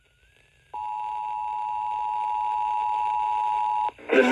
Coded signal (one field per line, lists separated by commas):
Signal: Emergency Alert System (SAME) tones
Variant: 853 and 960 Hz attention tone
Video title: 7/1/21 - Severe Thunderstorm Warning for parts of NJ on WLRB-FM (EAS #99)